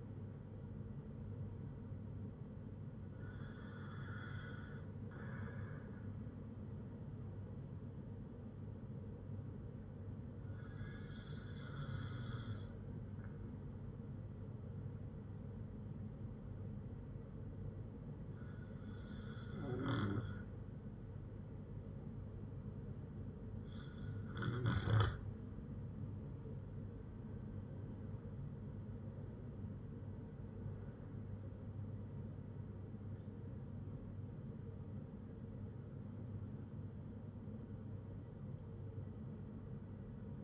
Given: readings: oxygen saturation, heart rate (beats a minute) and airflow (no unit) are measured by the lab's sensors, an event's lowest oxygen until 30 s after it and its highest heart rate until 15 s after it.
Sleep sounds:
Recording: breathing in sleep by a smartphone at the bedside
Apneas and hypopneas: 1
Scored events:
8.00-26.30 s: hypopnea (N2, oxygen 96% highest, then 95% lowest, heart rate 55 at the start, 70 highest)
29.00-40.44 s: new sleep stage, N1 (lightest sleep)
From the record:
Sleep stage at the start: N2 (light sleep)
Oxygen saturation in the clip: 94 to 96%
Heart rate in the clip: 54 to 70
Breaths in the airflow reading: 6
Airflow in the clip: -4.1 to 5.5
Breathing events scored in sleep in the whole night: 182 in 7.4 hours asleep

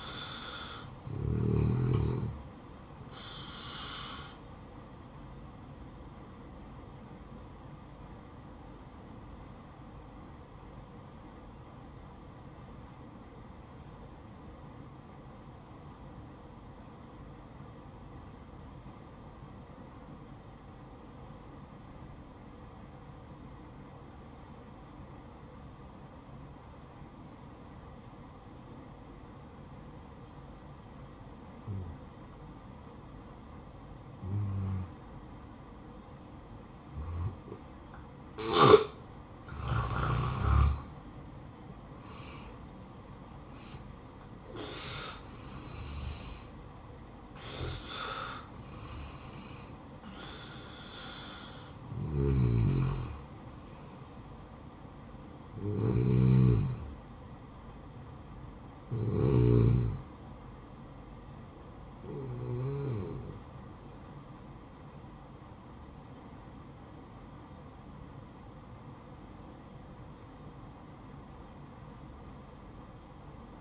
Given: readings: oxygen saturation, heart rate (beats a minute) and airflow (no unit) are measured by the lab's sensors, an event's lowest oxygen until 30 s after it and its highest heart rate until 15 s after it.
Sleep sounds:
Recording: breathing in sleep by a smartphone at the bedside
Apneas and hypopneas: 1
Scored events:
10.00-40.90 s: obstructive apnea (N1, oxygen 95% highest, then 85% lowest, heart rate 63 at the start, 72 highest)
17.00-73.61 s: new sleep stage, N2 (light sleep)
From the record:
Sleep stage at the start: N1 (lightest sleep)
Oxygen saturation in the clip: 84 to 96%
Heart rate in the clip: 56 to 72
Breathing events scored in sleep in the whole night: 573 in 9.8 hours asleep

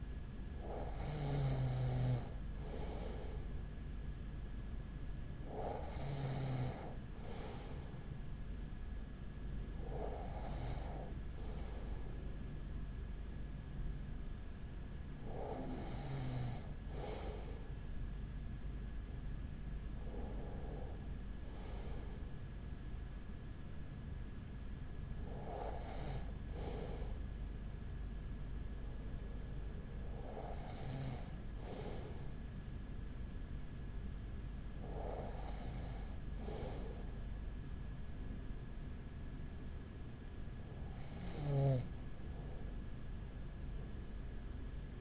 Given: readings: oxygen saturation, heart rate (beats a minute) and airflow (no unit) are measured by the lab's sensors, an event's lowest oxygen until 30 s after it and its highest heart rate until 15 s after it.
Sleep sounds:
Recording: breathing in sleep by a smartphone at the bedside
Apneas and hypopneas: none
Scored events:
none scored
From the record:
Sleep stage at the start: N2 (light sleep)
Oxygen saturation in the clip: 94 to 95%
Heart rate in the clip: 38 to 43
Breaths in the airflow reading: 9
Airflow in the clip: -5.9 to 5.1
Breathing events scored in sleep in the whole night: 207 in 7.6 hours asleep

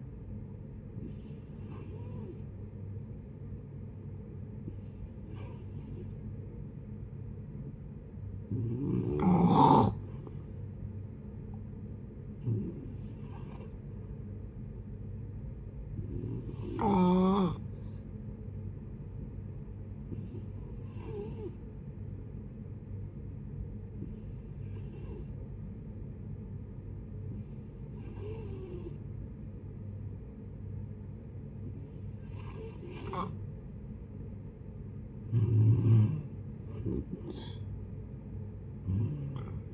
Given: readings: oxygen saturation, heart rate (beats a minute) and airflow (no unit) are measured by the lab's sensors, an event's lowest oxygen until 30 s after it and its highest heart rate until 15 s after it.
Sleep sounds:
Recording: breathing in sleep by a smartphone at the bedside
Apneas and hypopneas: 1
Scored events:
14.00-33.60 s: hypopnea (N2, oxygen 93% highest, then 89% lowest, heart rate 65 at the start, 72 highest)
From the record:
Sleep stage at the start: N2 (light sleep)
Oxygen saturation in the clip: 88 to 93%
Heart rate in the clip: 58 to 69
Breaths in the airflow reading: 10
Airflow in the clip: -8.2 to 10.7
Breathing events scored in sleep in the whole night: 496 in 5.4 hours asleep

